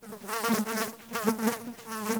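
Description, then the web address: Fly buzzing with a low droning hum that swells and fades in loudness several times. Close-up buzzing fly. "Soulframe Sounds. Insects Insect Fly Buzz Close"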